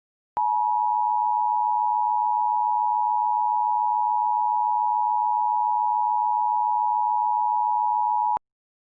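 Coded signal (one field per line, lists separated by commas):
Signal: Emergency Alert System (SAME) tones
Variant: 853 and 960 Hz attention tone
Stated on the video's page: Simulated EAS tones with valid tones in a fictional scenario.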